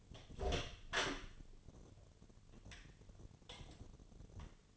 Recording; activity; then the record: daily activity, microphone in the room; open door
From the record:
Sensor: 4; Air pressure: 1008.2 hPa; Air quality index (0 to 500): 182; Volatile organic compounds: 5 ppm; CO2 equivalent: 1824 ppm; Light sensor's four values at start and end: 25/79/30/29 and 23/72/27/26